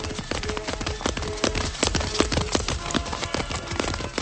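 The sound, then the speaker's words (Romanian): A stallion gallops at a steady, driving pace, its hooves pounding out rapid, loud clip-clop beats in a continuous rhythm, with no voices over them. “Hai, murgule, du-mă ca vântul, mai iute ca vântul.”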